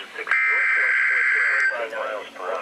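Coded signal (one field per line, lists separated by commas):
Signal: Emergency Alert System (SAME) tones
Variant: header bursts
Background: speech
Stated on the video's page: Severe thunderstorm and tornado warnings received on NOAA Weather Radio.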